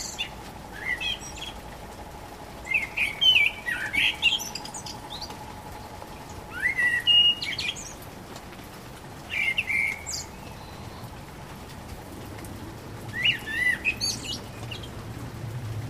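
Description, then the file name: Common blackbird singing about five fluting phrases separated by pauses of a few seconds, with a faint steady hum underneath. Recorded on 12 April 2010. "Amsel 20100412"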